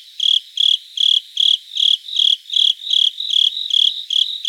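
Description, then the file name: Japanese burrowing cricket chirps, short ringing high notes spaced evenly, about two and a half per second. Recorded 26 September 2018. "Velarifictorus micado"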